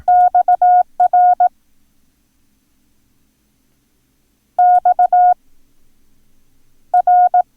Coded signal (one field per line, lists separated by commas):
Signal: Morse code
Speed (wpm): 18 wpm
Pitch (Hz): 720 Hz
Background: none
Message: XR X R